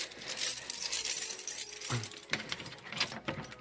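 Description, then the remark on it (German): A spare key scrapes and rattles against a lock that won't turn because another key has been left stuck in it, giving a few sharp metallic clicks and jiggles spread over a few seconds, with no one speaking. “Verdammt! Er hat den Schlüssel drin stecken lassen.”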